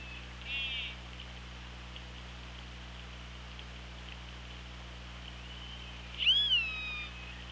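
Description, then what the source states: Orca call: a faint tonal call early on, then a loud harmonic call that sweeps up and falls away, over steady low underwater hum. Recorded on the OrcaLab hydrophone, 24 August 2017, 18:11.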